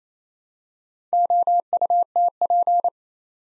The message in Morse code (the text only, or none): OUTP